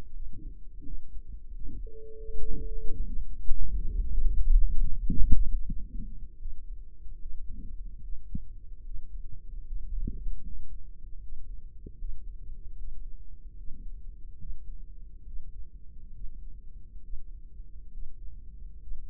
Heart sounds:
heart sounds by microphone in the right ear; 80 bpm
0.14 s: heartbeat
0.85 s: heartbeat
1.53 s: heartbeat
2.17 s: heartbeat
2.79 s: heartbeat
3.41 s: heartbeat
3.98 s: heartbeat
4.53 s: heartbeat
5.10 s: heartbeat
5.68 s: heartbeat
6.40 s: heartbeat
7.20 s: heartbeat
8.02 s: heartbeat
8.83 s: heartbeat
9.64 s: heartbeat
10.42 s: heartbeat
11.20 s: heartbeat
11.98 s: heartbeat
12.77 s: heartbeat
13.57 s: heartbeat
14.38 s: heartbeat
15.25 s: heartbeat
16.12 s: heartbeat
17.01 s: heartbeat
17.91 s: heartbeat
18.80 s: heartbeat
From the record:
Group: healthy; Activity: rest 0-2 s, Valsalva maneuver 2-19 s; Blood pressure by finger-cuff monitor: 111/44 mmHg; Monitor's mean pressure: 65 mmHg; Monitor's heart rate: 75 bpm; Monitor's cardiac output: 8.2 L/min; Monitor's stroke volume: 111 mL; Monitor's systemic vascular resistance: 460 dyn s/cm5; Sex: female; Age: 32 years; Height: 168 cm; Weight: 61.9 kg

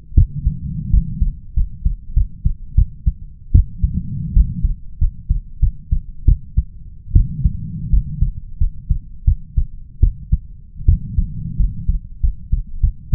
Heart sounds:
heart sounds by stethoscope; 85 bpm
0.15 s: heartbeat
0.90 s: heartbeat
1.54 s: heartbeat
2.14 s: heartbeat
2.75 s: heartbeat
3.52 s: heartbeat
4.33 s: heartbeat
4.99 s: heartbeat
5.60 s: heartbeat
6.25 s: heartbeat
7.13 s: heartbeat
7.90 s: heartbeat
8.58 s: heartbeat
9.25 s: heartbeat
10.00 s: heartbeat
10.86 s: heartbeat
11.57 s: heartbeat
12.21 s: heartbeat
12.81 s: heartbeat
From the record:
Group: healthy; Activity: rest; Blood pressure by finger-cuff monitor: 130/91 mmHg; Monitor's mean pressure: 103 mmHg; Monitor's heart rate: 87 bpm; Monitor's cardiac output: 6.2 L/min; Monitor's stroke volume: 73 mL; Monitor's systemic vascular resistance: 1220 dyn s/cm5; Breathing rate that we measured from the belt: 17 breaths a minute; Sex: male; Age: 21 years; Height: 180 cm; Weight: 67.5 kg

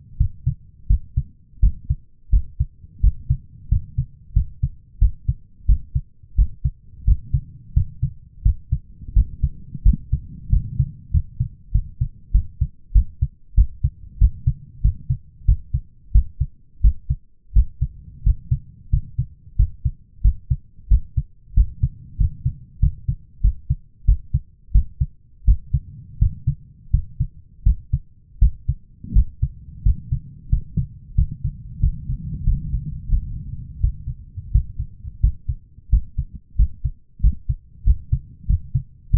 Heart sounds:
heart sounds by stethoscope; 89 bpm
0.17 s: heartbeat
0.87 s: heartbeat
1.60 s: heartbeat
2.30 s: heartbeat
3.01 s: heartbeat
3.69 s: heartbeat
4.33 s: heartbeat
4.99 s: heartbeat
5.66 s: heartbeat
6.35 s: heartbeat
7.04 s: heartbeat
7.73 s: heartbeat
8.42 s: heartbeat
9.13 s: heartbeat
9.83 s: heartbeat
10.50 s: heartbeat
11.11 s: heartbeat
11.72 s: heartbeat
12.32 s: heartbeat
12.92 s: heartbeat
13.55 s: heartbeat
14.18 s: heartbeat
14.81 s: heartbeat
15.45 s: heartbeat
16.12 s: heartbeat
16.81 s: heartbeat
17.53 s: heartbeat
18.23 s: heartbeat
18.90 s: heartbeat
19.56 s: heartbeat
20.21 s: heartbeat
20.88 s: heartbeat
21.54 s: heartbeat
22.17 s: heartbeat
22.79 s: heartbeat
23.41 s: heartbeat
24.05 s: heartbeat
24.72 s: heartbeat
25.45 s: heartbeat
26.18 s: heartbeat
26.90 s: heartbeat
27.63 s: heartbeat
28.39 s: heartbeat
29.13 s: heartbeat
29.83 s: heartbeat
30.49 s: heartbeat
31.15 s: heartbeat
31.80 s: heartbeat
32.43 s: heartbeat
33.08 s: heartbeat
33.80 s: heartbeat
34.51 s: heartbeat
35.20 s: heartbeat
35.89 s: heartbeat
36.56 s: heartbeat
37.20 s: heartbeat
37.84 s: heartbeat
38.46 s: heartbeat
39.10 s: heartbeat
From the record:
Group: healthy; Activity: rest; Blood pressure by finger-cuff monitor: 159/115 mmHg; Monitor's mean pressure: 123 mmHg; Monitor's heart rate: 88 bpm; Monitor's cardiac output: 7 L/min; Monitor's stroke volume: 79 mL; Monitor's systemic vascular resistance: 1330 dyn s/cm5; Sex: male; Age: 23 years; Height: 179 cm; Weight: 87 kg

